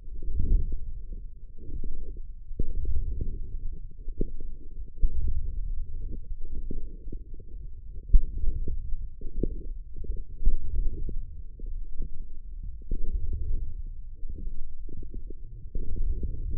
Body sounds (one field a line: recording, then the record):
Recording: forearm muscle sounds (acoustic myography)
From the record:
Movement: forearm supination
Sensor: system 1, eight BSWA MPA416 microphones around the upper forearm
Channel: 6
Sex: male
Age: 20 years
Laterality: left